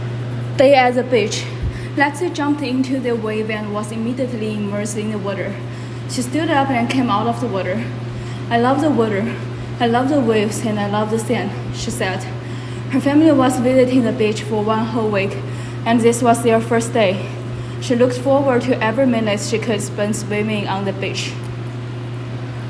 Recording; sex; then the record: reading aloud after running; female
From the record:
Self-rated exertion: vigorous exertion (4 of 6); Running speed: 9 miles an hour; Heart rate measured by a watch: 135 beats a minute at the start, 123 at the end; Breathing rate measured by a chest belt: 32 breaths a minute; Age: 28 years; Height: 155 cm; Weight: 44 kg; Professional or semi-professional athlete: no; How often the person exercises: 3 to 5 times a week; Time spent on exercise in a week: over 5 hours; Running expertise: yes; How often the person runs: 3 to 5 times a week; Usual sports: running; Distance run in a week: 45 km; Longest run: 32 km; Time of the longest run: 200 minutes